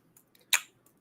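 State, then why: Not seated. A plastic cap is pressed onto a perfume bottle's atomizer. A few faint ticks come first, then one sharp, bright contact sound at about 0.5 s that fades quickly, and a faint tick near 0.9 s. Nothing has clicked into place; the cap does not click on but holds decently by friction.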